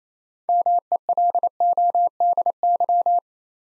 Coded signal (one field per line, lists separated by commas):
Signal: Morse code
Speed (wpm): 29 wpm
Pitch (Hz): 700 Hz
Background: none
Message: MELODY